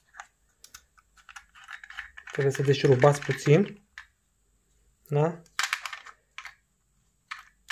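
The plastic air-vent clip arm is handled against the back of a Cellara fully automatic car phone holder with wireless fast charging, ready to be pushed in until it clicks and then tightened back. Someone talks between a few light plastic taps and knocks. Nothing has seated or clicked yet.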